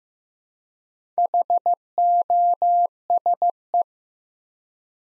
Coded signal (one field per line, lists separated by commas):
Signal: Morse code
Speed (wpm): 15 wpm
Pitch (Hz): 700 Hz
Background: none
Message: HOSE